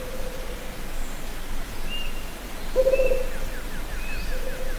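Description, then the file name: Rufous-capped Motmot giving one brief low trilled hoot among faint matching hoots, with thin whistles and a descending series of notes from other birds. "Canto da juruva"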